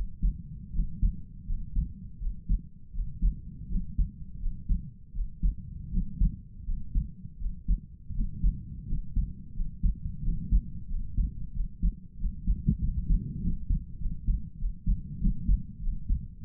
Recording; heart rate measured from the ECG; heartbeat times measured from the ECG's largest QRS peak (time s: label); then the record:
heart sounds by stethoscope; 88 bpm
0.71 s: heartbeat
1.44 s: heartbeat
2.18 s: heartbeat
2.91 s: heartbeat
3.67 s: heartbeat
4.38 s: heartbeat
5.11 s: heartbeat
5.89 s: heartbeat
6.63 s: heartbeat
7.37 s: heartbeat
8.12 s: heartbeat
8.85 s: heartbeat
9.52 s: heartbeat
10.20 s: heartbeat
10.86 s: heartbeat
11.51 s: heartbeat
12.16 s: heartbeat
12.79 s: heartbeat
13.39 s: heartbeat
13.97 s: heartbeat
14.57 s: heartbeat
15.18 s: heartbeat
15.80 s: heartbeat
16.41 s: heartbeat
From the record:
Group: healthy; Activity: rest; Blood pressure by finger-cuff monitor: 87/61 mmHg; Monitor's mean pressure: 68 mmHg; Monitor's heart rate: 83 bpm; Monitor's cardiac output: 5.1 L/min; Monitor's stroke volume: 62 mL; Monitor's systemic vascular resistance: 940 dyn s/cm5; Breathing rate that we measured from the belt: 24 breaths a minute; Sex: male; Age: 22 years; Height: 181 cm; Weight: 60 kg